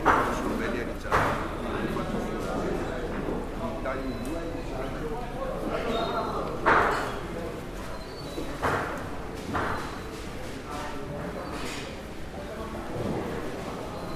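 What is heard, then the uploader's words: Walking through a busy fish market, a steady crowd murmur of overlapping voices fills the space. Sharp knocks and bangs cut through every few seconds, at about one, seven, nine and thirteen seconds, over a low constant background rumble. Pescaria - Venice, Italy. Walk through the Pescaria (Fish market) with seagulls from Grand Canal in the background. 09:00 Location: Venice-Rialto, Italy.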